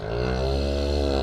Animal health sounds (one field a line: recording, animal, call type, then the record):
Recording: contact call of a hoofed animal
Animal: cattle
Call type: low-frequency (closed-mouth) or high-frequency (open-mouth) call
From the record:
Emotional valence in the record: negative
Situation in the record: full separation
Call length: 1.23 s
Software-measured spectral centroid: 1750 Hz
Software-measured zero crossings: 980 a second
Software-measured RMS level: -24 dBFS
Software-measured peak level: -11 dBFS